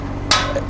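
A snap handle latch on the metal door of a smoker cooker is pushed shut and clicks as it locks at 0.3 s, a sharp bright snap over a steady low background hum. The latch is seated and locked so it will not open on the road.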